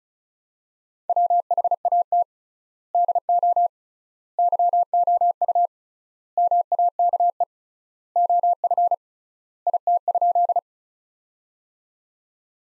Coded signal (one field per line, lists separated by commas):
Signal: Morse code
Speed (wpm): 35 wpm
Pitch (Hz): 700 Hz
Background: none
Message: WHAT DO YOU MAKE OF IT?